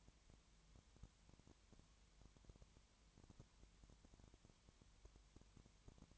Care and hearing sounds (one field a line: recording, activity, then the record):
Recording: daily activity, microphone in the room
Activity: no activity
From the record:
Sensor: 3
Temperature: 20.5 degrees Celsius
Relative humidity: 32.9%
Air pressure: 1003.2 hPa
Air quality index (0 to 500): 106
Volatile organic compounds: 2 ppm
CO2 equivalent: 1073 ppm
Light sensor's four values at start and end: 2/3/2/2 and 2/3/2/2